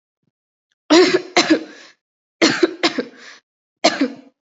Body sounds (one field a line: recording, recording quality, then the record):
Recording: heavy voluntary cough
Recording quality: excellent, no background noise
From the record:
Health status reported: COVID-19 positive, mild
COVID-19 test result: positive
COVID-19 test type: RT-PCR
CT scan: not taken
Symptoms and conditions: sore throat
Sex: female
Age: 24 years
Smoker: no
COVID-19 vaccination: both doses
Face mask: not worn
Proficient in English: yes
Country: India